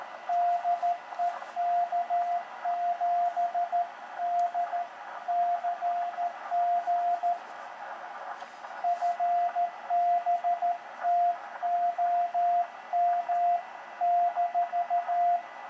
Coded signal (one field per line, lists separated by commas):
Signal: Morse code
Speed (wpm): 13 wpm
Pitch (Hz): 700 Hz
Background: radio noise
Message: DE K7DCG FB TOM-